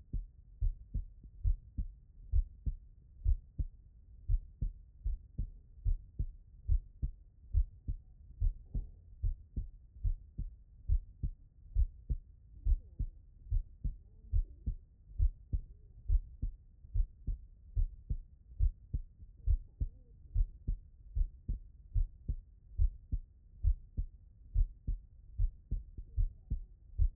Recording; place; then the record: heart sounds by stethoscope; tricuspid valve (TV)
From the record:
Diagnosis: non-HFrEF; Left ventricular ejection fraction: 57%